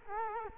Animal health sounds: mosquito wingbeat signal from an infrared sensor; Culex quinquefasciatus

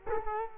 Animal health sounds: mosquito wingbeat signal from an infrared sensor; Culex quinquefasciatus

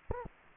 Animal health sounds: mosquito wingbeat signal from an infrared sensor; Anopheles gambiae

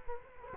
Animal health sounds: mosquito wingbeat signal from an infrared sensor; Culex quinquefasciatus

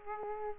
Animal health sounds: mosquito wingbeat signal from an infrared sensor; Aedes aegypti

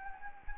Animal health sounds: mosquito wingbeat signal from an infrared sensor; Anopheles gambiae

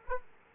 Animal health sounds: mosquito wingbeat signal from an infrared sensor; Culex quinquefasciatus

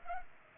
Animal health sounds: mosquito wingbeat signal from an infrared sensor; Culex pipiens

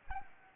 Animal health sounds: mosquito wingbeat signal from an infrared sensor; Anopheles arabiensis

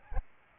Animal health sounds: mosquito wingbeat signal from an infrared sensor; Aedes albopictus

